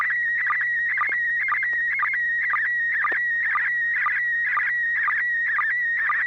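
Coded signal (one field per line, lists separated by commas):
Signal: SSTV (slow-scan television)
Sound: warbling whistle-like tone with a short low blip about twice a second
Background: low steady hum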